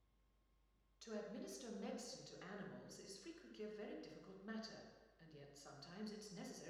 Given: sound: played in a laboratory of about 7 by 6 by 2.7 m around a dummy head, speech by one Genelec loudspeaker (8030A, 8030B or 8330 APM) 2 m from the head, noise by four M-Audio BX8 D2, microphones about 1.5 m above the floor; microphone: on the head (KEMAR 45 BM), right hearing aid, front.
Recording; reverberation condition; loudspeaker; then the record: female speech in English; high; 90 degrees to the right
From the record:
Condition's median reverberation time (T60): about 1300 ms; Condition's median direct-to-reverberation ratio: about -4.0 dB